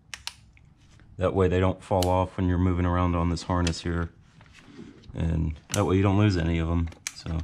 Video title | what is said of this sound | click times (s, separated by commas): DIY (POV) BMW E46 330i (M50/M52/M54) Heater Inlet & Outlet Pipes, CCV, OFH Repair, AND MORE! | make sure you slip them back into that locking position. | 0.1 s, 0.3 s